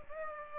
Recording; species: mosquito wingbeat signal from an infrared sensor; Aedes aegypti